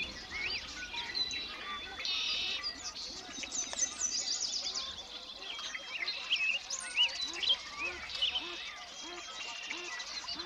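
Spring sounds at a mountain lake in Washington's Methow Valley: birds chirp and call throughout, with bright tweets stacking up between two and eight seconds. Beneath them runs a steady, dense chorus of short repeated notes, likely insects, over a faint low rumble.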